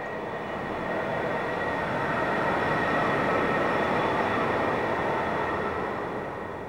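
A Berlin U-Bahn subway train runs steadily, a continuous loud rumble and rattle of wheels on track with a faint high whine above, swelling slightly and holding even throughout, with no voices.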